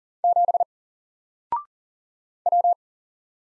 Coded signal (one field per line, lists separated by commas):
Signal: Morse code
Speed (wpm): 40 wpm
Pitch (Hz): 700 Hz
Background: none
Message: 7 W